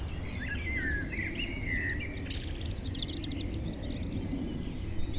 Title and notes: Chindrieux, France - Concert de grillons. Dans une prairie ensoleillée en pente orientée à l'Ouest , concert de grillons et chants d'oiseaux dans les arbres à l'entour , bruits de circulation de la route proche